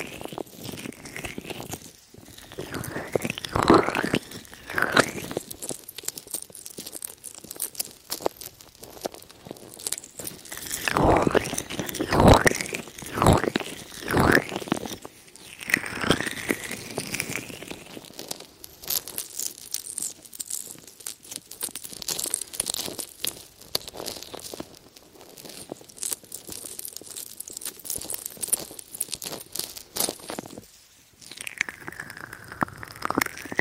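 Wet sounds of lotion being rubbed and massaged over the ears, with squelching and crinkly rubbing strokes that come in dense bursts, loudest around the middle. Brief pauses break the rhythm, and a soft sliding sweep ends the clip.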